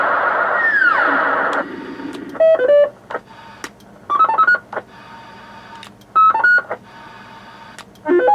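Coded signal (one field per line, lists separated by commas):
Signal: roger beep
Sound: radio hiss cut off, then short melodic tone bursts repeated, about four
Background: radio static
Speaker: are some of the beeps that are on here now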